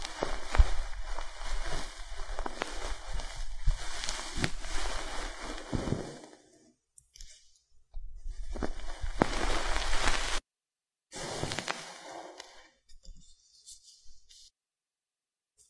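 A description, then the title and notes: Ear picking and massage produce dense rustling, scraping and rubbing, with sharp crackles and thumps scattered through the first six seconds. After that the sound breaks into shorter bursts separated by silences, with a steady high whine running under the louder passages, and it fades out near the end. Ear picking and ear massage, experience instant sleep.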